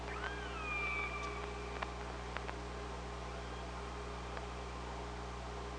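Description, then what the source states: Killer whale call: one strong call at the start that rises, then slides down into a long level tone, followed by scattered clicks over a steady low hum. Recorded by OrcaLab hydrophone on 24 August 2017.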